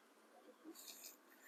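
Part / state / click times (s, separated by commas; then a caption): tailgate latch rod into retaining clip on latch / not seated / none. A Chevy Silverado tailgate latch replacement continues on the other side of the tailgate, where the second latch rod is being handled and pressed toward its plastic retaining clip on the latch. Quiet scraping and handling noises fill the clip, with brief brighter bursts of high-frequency rustle between about 0.7 and 1.1 seconds. Nothing has seated or clicked yet.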